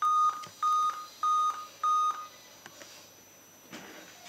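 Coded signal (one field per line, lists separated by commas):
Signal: beep code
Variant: laptop PC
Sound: four short, evenly spaced high electronic beeps, then quiet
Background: small quiet room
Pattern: 4 short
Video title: How to remove Beep Sound Problem In Laptop PC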